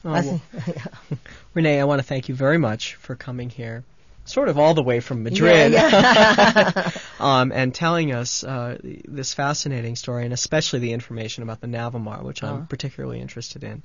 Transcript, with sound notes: Well, Renee, I want to thank you very much for coming here, sort of all the way from Madrid. ( they laugh ) Um, and telling us this fascinating story, and especially the information about the Navemar, which I'm particularly interested in.